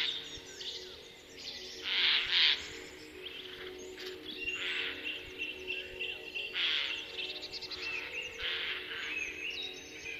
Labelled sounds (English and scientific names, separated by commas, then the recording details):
Song Thrush (Turdus philomelos) song
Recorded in the wild
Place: Kaiserslautern, Rheinland-Pfalz, DE
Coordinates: 49.4266, 7.749
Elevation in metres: 295
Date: 1977-03-12
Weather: cloudy, cool
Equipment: Nagra IV, Sennheiser MKH 405, Parabolreflektor
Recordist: Tretzel, Erwin